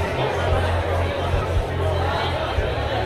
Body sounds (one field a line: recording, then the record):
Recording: background sound without coughing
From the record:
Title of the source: CITY SOUNDS Busy Bar in the Evening Night - 2 HOURS of Ambiance for Relaxation